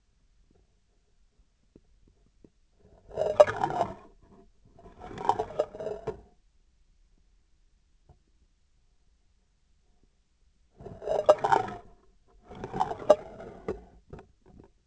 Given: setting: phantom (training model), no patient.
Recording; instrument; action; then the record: laparoscopic instrument, vibration sensor on the handle end; scissors; approaching and retracting movements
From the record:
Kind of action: spatial motion